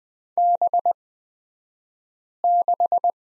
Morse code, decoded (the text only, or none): B6